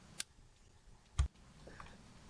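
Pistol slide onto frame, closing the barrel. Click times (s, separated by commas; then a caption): 0.2 s. During reassembly of a small Taurus PT 22 .22 pocket pistol, the rear of the metal slide is inserted onto the frame and pushed slightly back, and it locks into place with a sharp click at 0.2 s, closing the tip-up barrel. A louder, fuller clack follows at about 1.2 s, then a faint tick near 1.8 s over quiet background.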